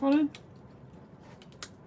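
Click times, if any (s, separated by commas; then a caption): 1.6 s. A plastic Lego brick is re-pressed onto the front of a Lego book nook model after it was uncertain whether it had gone in, because it had not clicked. Someone talks briefly, faint handling sounds follow, and a single sharp click at 1.6 s marks the brick seating into place.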